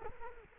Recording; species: mosquito wingbeat signal from an infrared sensor; Culex quinquefasciatus